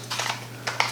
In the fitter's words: you can hear it it locks into place holds the gun